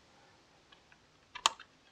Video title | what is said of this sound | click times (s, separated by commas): Blaster Breakdown 31 (July 2022) - Nerf Rival Fate - AK Blaster Mod short dart kit - How to | e ver como ela trava quando é mantida fechada e, em seguida, | 1.5 s